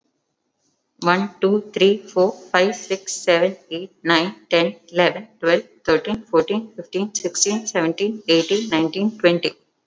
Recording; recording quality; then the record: counting at a fast pace; excellent, no background noise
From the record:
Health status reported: exposed to COVID-19, no respiratory illness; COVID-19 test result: negative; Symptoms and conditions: none ticked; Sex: female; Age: 29 years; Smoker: not ticked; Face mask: worn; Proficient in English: yes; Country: India